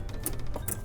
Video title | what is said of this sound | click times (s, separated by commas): I Can't Believe They Were Going to Throw These Away! | That was a very satisfying click. | 0.3 s, 0.7 s